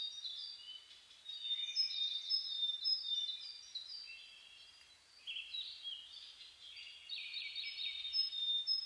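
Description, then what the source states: Bird: dawn chorus of several birds, thin high whistles and busy warbled phrases running almost continuously, building in density toward the end. Dawn chorus birdsong recorded 10 May 2010.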